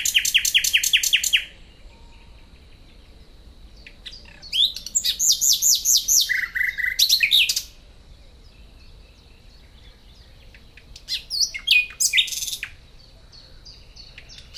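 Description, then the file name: Common nightingale song with rapid repeated notes, a pause, then a fast rattling series including low liquid notes, followed later by sharp phrases. "Luscinia megarhynchos"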